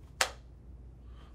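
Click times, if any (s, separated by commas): 0.2 s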